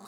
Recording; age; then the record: pig call; piglet (1 to 25 days)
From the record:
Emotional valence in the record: negative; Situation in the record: short isolation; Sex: male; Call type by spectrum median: low-frequency call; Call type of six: low-frequency tonal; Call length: 0.08 s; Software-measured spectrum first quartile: 605 Hz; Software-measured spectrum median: 1347 Hz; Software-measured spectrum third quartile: 5480 Hz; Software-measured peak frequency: 209 Hz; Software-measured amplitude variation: 31 dB a second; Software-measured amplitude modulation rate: 6.2 a second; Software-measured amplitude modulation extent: 4.9 dB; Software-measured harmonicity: 1.9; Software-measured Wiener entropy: -2.85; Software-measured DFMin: 912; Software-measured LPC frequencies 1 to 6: 963, 1238, 3898, 4606, 5579, 6632 Hz